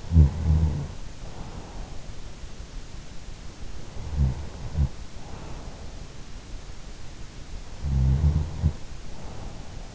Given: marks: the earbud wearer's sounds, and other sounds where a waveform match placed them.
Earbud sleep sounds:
sounds in sleep by an in-ear microphone; snoring breath
0.00-1.88 s: snoring breath
3.91-6.26 s: snoring breath
7.74-9.86 s: snoring breath

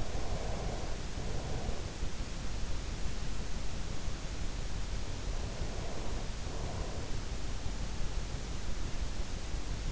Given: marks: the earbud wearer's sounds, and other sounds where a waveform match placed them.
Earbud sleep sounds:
sounds in sleep by an in-ear microphone; breath
0.00-1.68 s: breath
5.25-7.24 s: breath

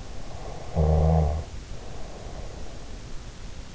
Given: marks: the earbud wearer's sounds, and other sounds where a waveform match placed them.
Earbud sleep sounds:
sounds in sleep by an in-ear microphone; snoring breath
0.24-3.05 s: snoring breath

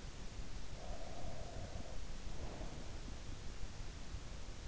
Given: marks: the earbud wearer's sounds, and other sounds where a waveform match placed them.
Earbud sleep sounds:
sounds in sleep by an in-ear microphone; breath
0.45-3.01 s: breath

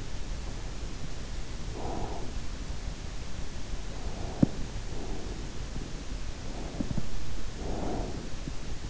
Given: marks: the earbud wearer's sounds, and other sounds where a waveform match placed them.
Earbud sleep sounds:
sounds in sleep by an in-ear microphone; breath
1.79-2.20 s: breath
4.24-5.66 s: breath
6.42-8.74 s: breath

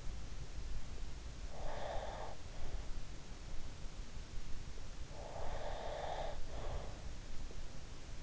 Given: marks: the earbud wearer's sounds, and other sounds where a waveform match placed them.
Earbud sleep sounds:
sounds in sleep by an in-ear microphone; breath
1.38-2.61 s: breath
4.99-7.04 s: breath

